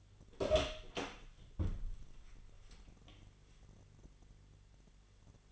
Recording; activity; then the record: daily activity, microphone in the room; open door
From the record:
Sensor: 4